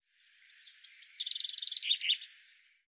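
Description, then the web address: Bird singing one short phrase of sharp, high notes that build into a fast rattling trill, then fade with a few looping notes. "cianscape birddata Deverinetal 2025 Bird Fr Co"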